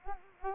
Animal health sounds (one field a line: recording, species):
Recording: mosquito wingbeat signal from an infrared sensor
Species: Anopheles arabiensis